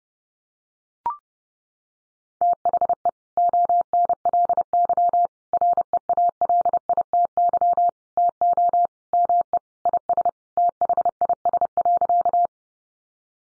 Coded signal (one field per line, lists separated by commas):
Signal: Morse code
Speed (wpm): 28 wpm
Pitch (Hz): 700 Hz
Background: none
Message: THE ONLY REALITY TO ME IS THIS.